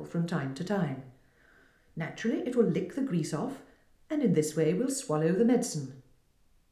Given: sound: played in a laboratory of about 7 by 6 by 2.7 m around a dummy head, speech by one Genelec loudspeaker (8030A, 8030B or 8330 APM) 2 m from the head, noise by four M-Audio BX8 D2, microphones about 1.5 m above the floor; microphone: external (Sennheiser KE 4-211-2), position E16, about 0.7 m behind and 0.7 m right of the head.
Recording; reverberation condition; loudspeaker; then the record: female speech in English; medium; 150 degrees to the right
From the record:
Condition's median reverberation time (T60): about 510 ms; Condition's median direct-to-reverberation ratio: about -0.5 dB